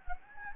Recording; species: mosquito wingbeat signal from an infrared sensor; Anopheles gambiae